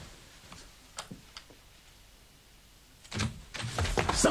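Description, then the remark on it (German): A door is opened: a few soft, scattered clicks like a latch or key being worked, then a louder, rough rattling scrape as it swings open. No one speaks. “Da ist jemand vor der Tür.”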